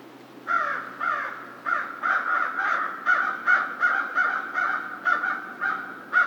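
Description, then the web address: American crow calling in a long series of hoarse caws, more than a dozen notes, irregularly spaced. Recorded 2 March 2010. "Crow 2010 03 02 American Crow 03"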